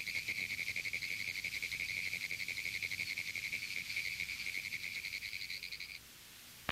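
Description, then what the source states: Pine woods tree frog call: fast, rasping series of pulses, running for about six seconds before stopping abruptly. Erratic call likened to Morse code; found in pineland habitats statewide in Florida.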